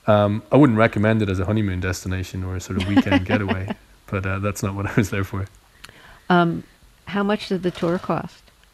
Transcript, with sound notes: I wouldn't recommend it as a honeymoon destination or a sort of weekend getaway...
(Laughter).
...But that's not what I was there for.
How much did the tour cost?